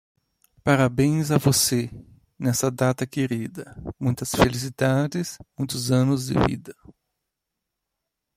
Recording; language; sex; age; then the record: short text; Brazilian Portuguese; male; 40 to 49 years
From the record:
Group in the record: control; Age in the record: 40 years